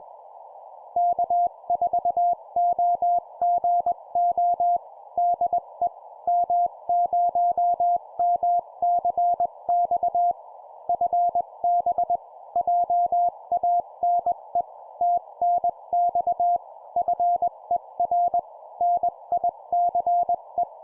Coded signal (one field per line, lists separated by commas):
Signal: Morse code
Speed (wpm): 21 wpm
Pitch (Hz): 700 Hz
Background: none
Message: K4OGO DE M0MCX FB JANE TNX FER NICE